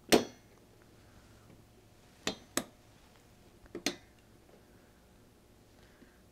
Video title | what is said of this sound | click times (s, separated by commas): A Guide to Building a Core i7 PC | till you get a click then you're going | 0.1 s, 2.6 s, 3.9 s